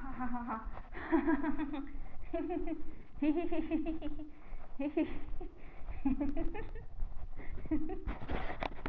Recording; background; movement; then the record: laughter; quiet; walking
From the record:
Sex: female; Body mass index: 22.6 kg/m2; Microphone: on the chest, facing the body